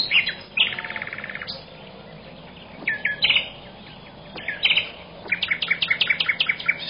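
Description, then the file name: Birds chirping, with short buzzy trills, high sharp notes and a fast run of clipped chirps near the end, separated by brief quieter gaps. "uccelli birds"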